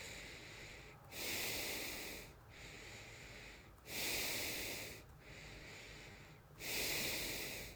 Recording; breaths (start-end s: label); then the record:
nose breathing near a microphone
0.00-0.93 s: inhalation
0.93-2.30 s: exhalation
2.30-3.67 s: inhalation
3.67-4.99 s: exhalation
4.99-6.45 s: inhalation
6.45-7.73 s: exhalation
From the record:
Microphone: phone